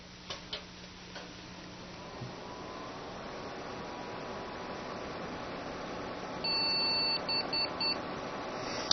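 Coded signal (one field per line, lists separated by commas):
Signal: beep code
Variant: Award BIOS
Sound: room hum, then one long beep followed by three short high beeps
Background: room hum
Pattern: 1 long, 3 short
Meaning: One long and three short beeps means a video card failure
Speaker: that was one long and three short beeps according to the award or the information about the award bias the diagnostic error codes that indicates a video card failure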